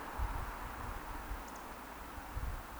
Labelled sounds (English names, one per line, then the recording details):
Eurasian Woodcock whistle
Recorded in Baden-Württemberg, Germany, on 30 May 2021 at 19:59 UTC
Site 43323, 910 m above sea level